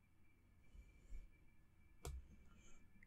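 A small plastic part of a Thunderbird 2 model kit is pressed by hand into the model body, giving a sharp click at 2.0 s as it seats, so no glue is needed. Low handling rustle surrounds it, with a faint tick near the end.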